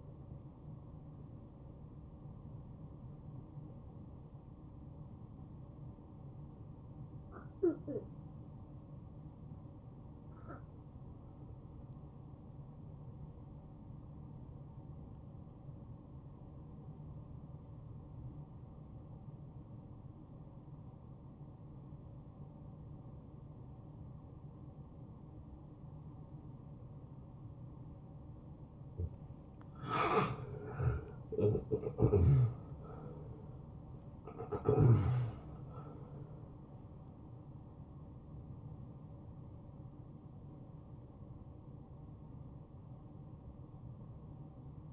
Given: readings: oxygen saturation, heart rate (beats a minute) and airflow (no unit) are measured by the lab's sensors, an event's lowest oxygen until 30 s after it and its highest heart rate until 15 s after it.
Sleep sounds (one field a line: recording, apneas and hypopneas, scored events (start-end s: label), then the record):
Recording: breathing in sleep by a smartphone at the bedside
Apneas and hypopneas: 1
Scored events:
9.00-28.70 s: obstructive apnea (N1, oxygen 92% highest, then 79% lowest, heart rate 69 at the start, 79 highest)
27.00-44.93 s: new sleep stage, awake
30.00-44.93 s: awake
From the record:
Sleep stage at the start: N1 (lightest sleep)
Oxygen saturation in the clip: 81 to 92%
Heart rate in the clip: 57 to 79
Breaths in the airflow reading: 6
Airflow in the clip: -12.5 to 8.6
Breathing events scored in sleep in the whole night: 263 in 5.5 hours asleep